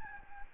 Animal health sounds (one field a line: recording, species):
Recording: mosquito wingbeat signal from an infrared sensor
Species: Aedes albopictus